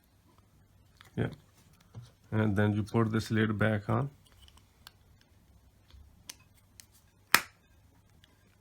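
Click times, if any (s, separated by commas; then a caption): 7.3 s. After a battery replacement, a metal back cover is pressed onto an analog quartz watch case. Someone talks briefly, a few faint ticks follow, and then a sharp, bright click at 7.3 s marks the case back snapping shut and seated.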